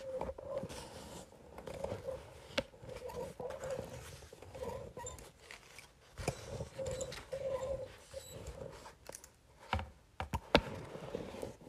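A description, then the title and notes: A facial roller is rolled across paper, giving a continuous rough rubbing and crinkling with a steady mid-pitched rasp. Strokes swell and fade irregularly, with short pauses, and brief sharper clicks and scrapes stand out near 2.5, 6, and 10.5 seconds. Facial Roller on Paper.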